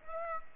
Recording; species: mosquito wingbeat signal from an infrared sensor; Aedes aegypti